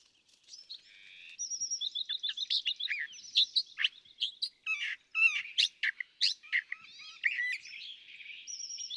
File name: California Thrasher